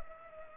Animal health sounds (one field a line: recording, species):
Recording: mosquito wingbeat signal from an infrared sensor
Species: Culex pipiens